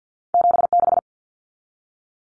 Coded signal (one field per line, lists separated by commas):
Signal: Morse code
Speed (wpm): 48 wpm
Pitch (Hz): 700 Hz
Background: none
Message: 76